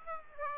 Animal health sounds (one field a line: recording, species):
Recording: mosquito wingbeat signal from an infrared sensor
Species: Aedes aegypti